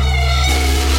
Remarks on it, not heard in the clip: I had this tinnitus, this ringing in the ears a constant note, just like a blaring horn in my head. Those sounds were unshakable. There wasn't any way to turn them down. They never went away.